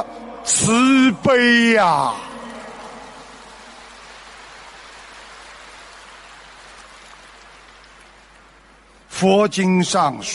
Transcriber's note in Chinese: 掌声